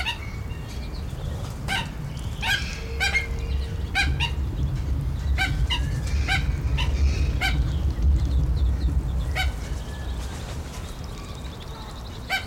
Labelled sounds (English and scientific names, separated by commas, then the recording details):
Black-necked Stilt (Himantopus mexicanus) call
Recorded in captivity
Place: Zoo Berlin, Berlin, DE
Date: 1995-09-14 19:26
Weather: leicht bewölkt, 16°C
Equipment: Sony WM-D6C, Sennheiser ME 80, Kopie Uher 4000 Report Monitor
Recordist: Tembrock, Günter